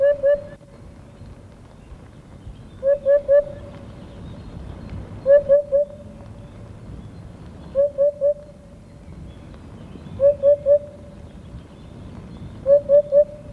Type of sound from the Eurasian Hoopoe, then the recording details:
song. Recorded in the wild. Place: Villach, Kärnten, AT. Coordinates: 46.5921, 13.8245. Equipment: Uher 4100 Report-V. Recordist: Brunner, Thomas. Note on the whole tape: Wiedehopf, Gesang. Villache, in den Oberdörfern. Am 08. und 09. Mai 1971